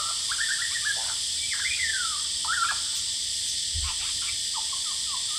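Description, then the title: Superb lyrebird song of clear, swooping whistles and falling slurs followed by short chips, against a continuous loud buzzing of cicadas. Male, Horsfield Bay, New South Wales, Australia, 23 January 2017, singing vigorously outside a window by day; cicadas calling loudly. "Lyrebird - Horsfield Bay NSW, Jan 23 2017"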